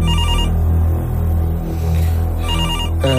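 A reception telephone rings with a call from room 110, in repeated electronic bursts of bright, warbling tones over a steady low hum, loud and with no voices.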